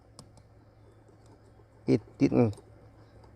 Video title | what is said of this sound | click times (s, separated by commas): How to change Toyota Yaris Emergency Brake cable 07 stick shift Yaris brake cables replacement | didn't make noise but it clicked in there it's not it will not come up it will not go nowhere so | 0.2 s